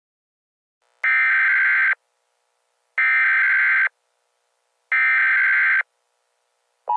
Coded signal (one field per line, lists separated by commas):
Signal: Emergency Alert System (SAME) tones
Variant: header bursts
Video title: Eas Scenario #4: Springtrap Rampage!